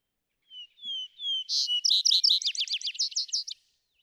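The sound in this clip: Vesper sparrow singing a complete phrase: slow whistled introductory notes, then a tumbling cascade of quick, bright trilled notes.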